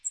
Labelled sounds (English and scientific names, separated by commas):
Magnolia Warbler (Setophaga magnolia) flight call